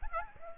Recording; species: mosquito wingbeat signal from an infrared sensor; Aedes aegypti